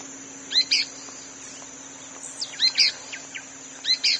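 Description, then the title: Pale-breasted spinetail, quick two-part chips repeated three times, against a continuous high-pitched hum. Subspecies inaequalis, assumed from location. "LuckyPassaro Completos2Sama. Pale-breasted Spinetail (Synallaxis albescens inaequalis (ssp assumed from location))"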